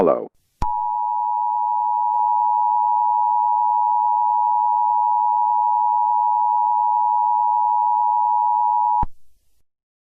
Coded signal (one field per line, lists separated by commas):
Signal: Emergency Alert System (SAME) tones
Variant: 853 and 960 Hz attention tone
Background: speech